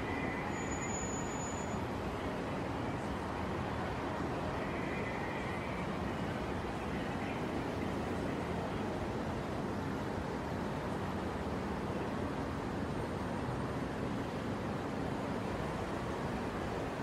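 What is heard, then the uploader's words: Steady, dense traffic roar on the Brooklyn Bridge, low and constant, with a faint high whine near the start and passing vehicle hum. Soundscape of Brooklyn Bridge in New York City. It was already after 10pm on Saturday night, but the traffic was still heavy on the bridge. In this recording, you can feel the summer night of Brooklyn, NY. Binaural City Sounds.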